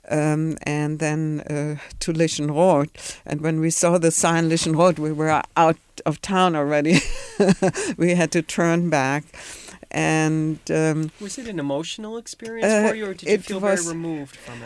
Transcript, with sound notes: and then to Lichenroth. And when we saw the sign "Lichenroth," we were out of town already. (she laughs) We had to turn back.
Was it an emotional experience for you, or did you feel very removed from it all?